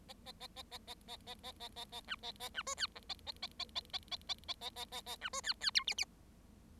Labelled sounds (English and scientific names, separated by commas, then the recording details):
Bengalese Finch (Lonchura striata domestica) song
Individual Bird7